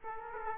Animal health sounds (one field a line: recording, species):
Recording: mosquito wingbeat signal from an infrared sensor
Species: Aedes aegypti